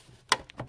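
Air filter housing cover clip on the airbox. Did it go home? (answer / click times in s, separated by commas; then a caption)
yes / 0.3 s. A plastic clip on the air filter housing cover of a 2014–2020 Nissan Rogue engine airbox is lined up and pressed down until it snaps home with a sharp, distinct click at 0.3 s, seating the clip fully. Two softer clicks follow around 0.5 s and 0.6 s.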